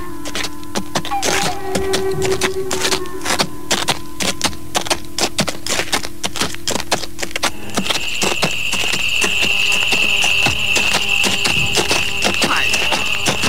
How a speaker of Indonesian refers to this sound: Langkah-langkah kaki-kaki kuda yang terdengar sayup-sayup itu mulai terdengar mendekati tempat itu